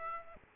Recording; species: mosquito wingbeat signal from an infrared sensor; Aedes aegypti